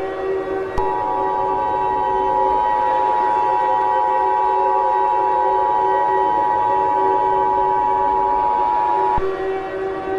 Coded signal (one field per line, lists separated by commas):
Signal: Emergency Alert System (SAME) tones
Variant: 853 and 960 Hz attention tone